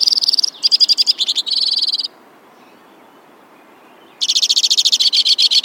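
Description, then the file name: White-winged crossbill singing chattering trills that change pitch and speed, then about two seconds of quiet before another rapid trill begins. "suara-kicauan-burung-white-winged-crossbill 3-omkicau"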